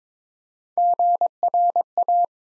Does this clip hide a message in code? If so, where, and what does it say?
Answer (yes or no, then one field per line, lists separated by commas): yes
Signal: Morse code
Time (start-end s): 0.8-2.3 s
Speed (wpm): 22 wpm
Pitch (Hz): 700 Hz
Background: none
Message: GRA